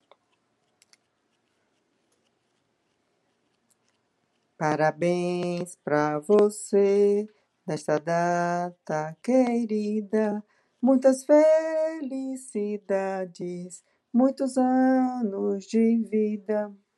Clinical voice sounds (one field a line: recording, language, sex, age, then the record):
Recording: short text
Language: Brazilian Portuguese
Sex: female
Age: 60 to 69 years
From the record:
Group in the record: control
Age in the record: 65 years